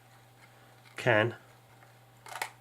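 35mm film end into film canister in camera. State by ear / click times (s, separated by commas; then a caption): released / 2.4 s. 35mm film is rewound by hand in a film camera, and someone talks briefly before a burst of faint rewinding clatter. At 2.4 s a sharp click sounds as the film end pulls off the take-up spool and goes into the metal canister, releasing the film fully back inside.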